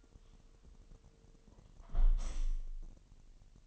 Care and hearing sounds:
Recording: daily activity, microphone in the room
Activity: close window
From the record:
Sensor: 4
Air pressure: 1000.7 hPa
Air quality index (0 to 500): 242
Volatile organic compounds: 40 ppm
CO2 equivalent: 3143 ppm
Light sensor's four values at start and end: 9/21/8/8 and 9/20/8/7

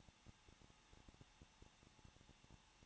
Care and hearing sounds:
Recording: daily activity, microphone in the room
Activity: no activity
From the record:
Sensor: 1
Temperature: 20.1 degrees Celsius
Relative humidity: 39.2%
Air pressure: 1006.3 hPa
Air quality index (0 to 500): 218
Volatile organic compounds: 78 ppm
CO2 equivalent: 3594 ppm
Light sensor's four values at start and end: 1/2/1/1 and 1/2/1/1

